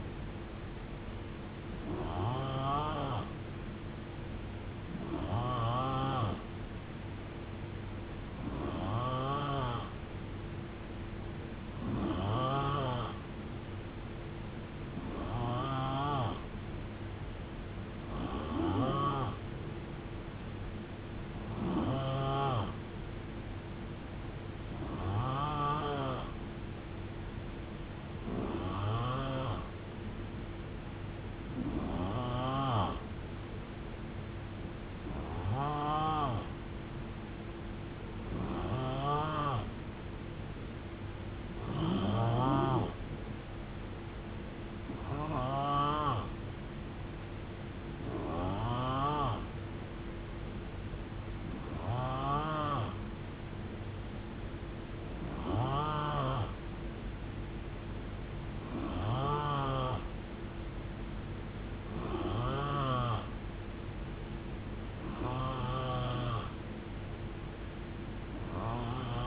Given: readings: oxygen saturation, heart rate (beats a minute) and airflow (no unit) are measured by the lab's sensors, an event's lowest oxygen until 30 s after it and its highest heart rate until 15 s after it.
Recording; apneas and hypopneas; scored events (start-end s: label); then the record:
breathing in sleep by a voice recorder at the bedside; none
none scored
From the record:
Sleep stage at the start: N3 (deep sleep); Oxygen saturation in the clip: 90 to 91%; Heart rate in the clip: 64 to 78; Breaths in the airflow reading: 21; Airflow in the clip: -8.4 to 4.3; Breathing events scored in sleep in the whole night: 389 in 6.3 hours asleep